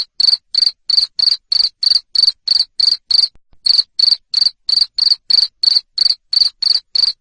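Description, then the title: Cricket chirps, shrill and high, following each other about three times a second, the sequence interrupted by one brief silence. Loud cricket chirping used to make lovebirds keep singing (ngekek). "Suara JANGKRIK NGERIK Keras Bikin LOVEBIRD Jadi NGEKEK Terus"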